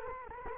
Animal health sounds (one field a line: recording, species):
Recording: mosquito wingbeat signal from an infrared sensor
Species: Culex quinquefasciatus